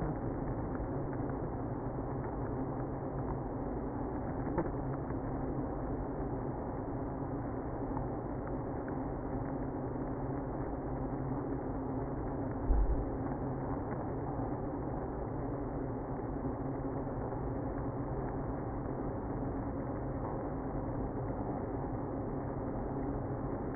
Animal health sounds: honeybee colony, microphone inside the hive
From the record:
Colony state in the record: queenless (queen removed); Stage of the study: after two queens were removed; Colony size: about 60,000 bees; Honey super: yes

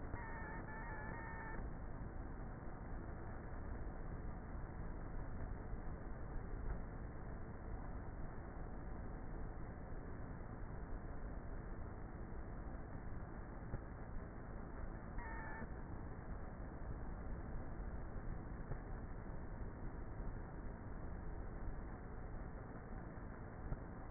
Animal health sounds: honeybee colony, microphone inside the hive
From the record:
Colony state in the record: queenless with a low population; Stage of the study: before two queens were removed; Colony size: about 30,000 bees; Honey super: no

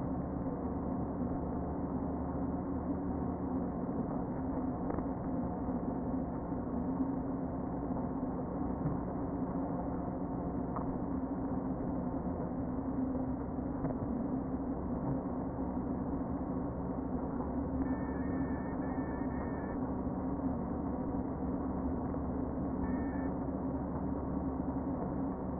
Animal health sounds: honeybee colony, microphone inside the hive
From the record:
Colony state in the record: queen present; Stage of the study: before two queens were removed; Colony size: about 60,000 bees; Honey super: yes

